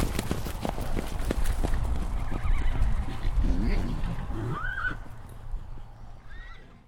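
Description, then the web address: Horse hoofbeats thudding rapidly and fading away, with a brief whinny partway through. Small group of horses running past. "Lynne Music 2 Small-Flock-Of-Horses-Run-Past"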